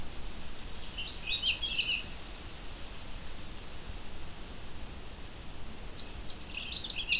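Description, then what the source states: Canada Warbler song, a bright, rapid, jumbled warble of high notes, given as two short phrases a few seconds apart over a steady hiss. Male singing very close but unseen; short, very bright, cheery song; late June, in a swamp.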